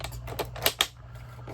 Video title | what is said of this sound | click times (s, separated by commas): Micro Galaxy Squadron Ghost Review + The Phantom and Hera's A-Wing! #microgalaxysquadron #starwars | oh just clicks into place | 0.8 s